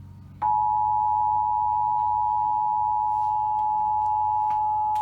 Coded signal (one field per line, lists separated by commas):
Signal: Emergency Alert System (SAME) tones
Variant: 853 and 960 Hz attention tone